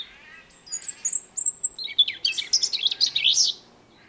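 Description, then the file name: European robin: thin, drawn-out high whistles leading into a quick cascade of liquid, twittering notes that switch rapidly in pitch. "Erithacus rubecula"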